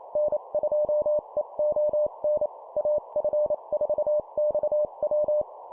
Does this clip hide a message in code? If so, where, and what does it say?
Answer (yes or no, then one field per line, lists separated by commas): yes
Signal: Morse code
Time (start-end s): 0.2-5.4 s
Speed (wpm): 28 wpm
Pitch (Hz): 600 Hz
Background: none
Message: N2EON AF4XW